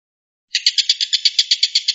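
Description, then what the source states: Stork-billed kingfisher starting a fast series of grating, buzzy pulses after a moment of quiet, the notes even and rapid. Tengkek buto giving the "tembakan" or shooting call.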